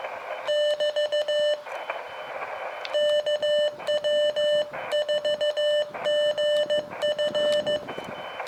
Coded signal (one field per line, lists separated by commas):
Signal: Morse code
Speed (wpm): 15 wpm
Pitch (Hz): 600 Hz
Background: none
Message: <BT> KW4GF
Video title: Dayton Hamvention 2017 My Adventure Experience Video 1 of 2